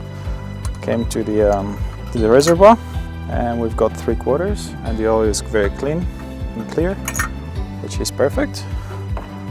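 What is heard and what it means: During a preflight oil check on the engine of an Aeroprakt A32 Vixxen light aircraft, with the reservoir oil at three-quarters and very clean and clear, someone talks over background music. The oil reservoir cap is being handled, with brief sharp sounds near 0.7 s and 9.2 s. The clip ends before the cap is closed and locked, so nothing has seated or clicked yet.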